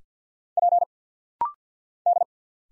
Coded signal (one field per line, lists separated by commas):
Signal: Morse code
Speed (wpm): 51 wpm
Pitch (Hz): 700 Hz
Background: none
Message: P D